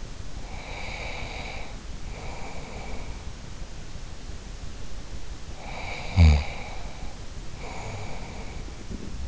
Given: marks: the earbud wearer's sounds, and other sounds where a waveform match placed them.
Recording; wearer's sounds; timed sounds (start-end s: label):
sounds in sleep by an in-ear microphone; breath, snoring breath
0.39-3.24 s: breath
5.63-9.28 s: snoring breath